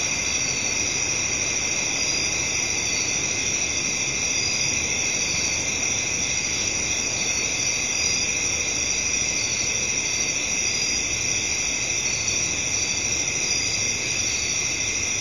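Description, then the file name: Cricket chorus of continuous, shrill pulsing trills at several high pitches, unbroken throughout, with a soft wash of traffic noise underneath. Crickets in a residential area at night, with traffic in the background. "Sound Ideas 2000 Series. Residential Night Time Crickets,traffic In Bg, Ambience"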